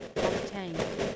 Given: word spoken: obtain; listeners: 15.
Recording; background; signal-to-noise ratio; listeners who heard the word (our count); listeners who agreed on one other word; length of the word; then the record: one English word in noise, from a listening test; noise modulated by three-talker babble; -6.1 dB; 5 of 15; 8 of 15; 0.76 s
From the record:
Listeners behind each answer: 8, 5, 1, 1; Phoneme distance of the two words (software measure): 17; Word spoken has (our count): 2 syllables, 5 phonemes, stress on syllable 2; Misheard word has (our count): 2 syllables, 6 phonemes, stress on syllable 2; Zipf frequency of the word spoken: 3.48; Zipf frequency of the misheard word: 4.14